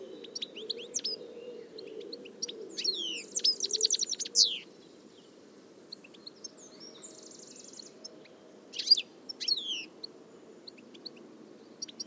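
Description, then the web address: Bird chirps and twitters in two bursts with a pause between, including sharp downslurred notes and a short buzzy trill, over a steady low rumble. "Deverinetal"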